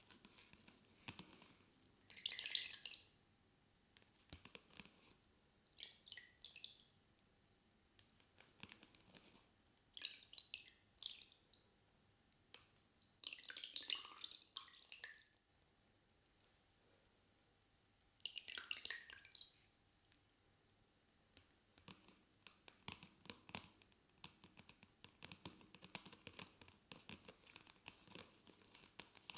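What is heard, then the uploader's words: Water and a soapy sponge, with short bursts of splashing and running water near 2, 6, 10, 14 and 19 seconds. Between them come softer wet squishes and clicks of scrubbing, and the later stretch holds only quiet, scattered rubbing sounds. ASMR Binaural Sounds Water Soap Sponge.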